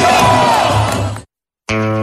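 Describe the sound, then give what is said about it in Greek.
An audience applauds and cheers in a loud, dense burst with voices shouting through it, after a speaker ends with "Long live the Greeks" and slogans for a Greek Macedonia. It cuts off abruptly into silence, followed by a steady low buzzing tone. “Είπε στο τέλος ζήτω οι Έλληνες και χειροκρότησαν από κάτω.”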